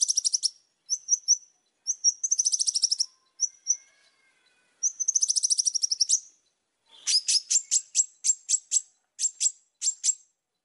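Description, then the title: Oriental magpie-robin song: high whistled notes and buzzy trills, then a quick series of sharp, piercing high chips in the second half. Gacor, lively-singing song used as a lure to make other magpie-robins answer. "Pancingan Suara Siulan Kacer Gacor Mantap Untuk Memancing Kacer Lain Agar Mau Nyaut Bunyi"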